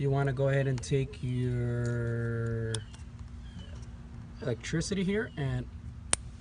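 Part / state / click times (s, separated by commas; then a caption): wiring harness connector into ignition coil pack / seated / 6.1 s. Someone talks while pushing a wiring harness connector onto the ignition coil pack of a 2008 Honda Civic engine during a spark plug change. A single sharp, loud snap at 6.1 s marks the connector seating into place.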